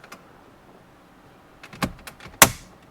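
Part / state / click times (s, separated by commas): plastic dash trim panel clip in the truck center stack / released / 2.4 s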